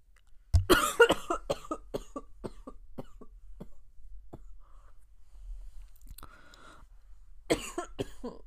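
A loud, harsh cough burst opens, followed by a rapid run of short, fading throat clicks and catches over several seconds. A second burst of coughing returns near the end. An ordinary, unexpected adult coughing fit in a quiet room.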